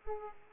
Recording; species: mosquito wingbeat signal from an infrared sensor; Aedes aegypti